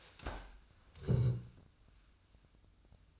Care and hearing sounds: daily activity, microphone in the room; stand up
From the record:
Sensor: 2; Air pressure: 1004.9 hPa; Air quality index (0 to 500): 91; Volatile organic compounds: 2 ppm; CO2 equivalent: 1100 ppm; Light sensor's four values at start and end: 7/17/7/7 and 7/17/7/7

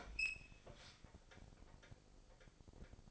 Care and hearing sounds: daily activity, microphone in the room; open fridge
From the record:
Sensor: 5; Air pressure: 995.3 hPa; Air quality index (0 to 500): 85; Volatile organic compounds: 4 ppm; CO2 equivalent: 1587 ppm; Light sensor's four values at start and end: 35/85/34/35 and 38/90/36/37

